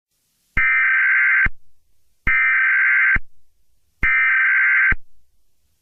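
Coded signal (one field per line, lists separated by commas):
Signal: Emergency Alert System (SAME) tones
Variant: header bursts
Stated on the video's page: Fictional EAS scenario, a created recreation rather than a real alert.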